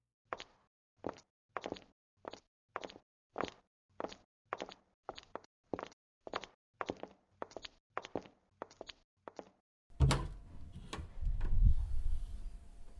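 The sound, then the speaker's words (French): A steady run of about twenty sharp footsteps at an even pace, then a loud metallic clank of door bolts slamming shut, followed by a low rumbling reverberation. “Non, pas encore, car les verrous de la porte viennent de claquer.”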